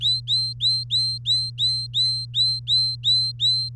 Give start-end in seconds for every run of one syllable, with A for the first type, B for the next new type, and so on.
0.00-3.69 A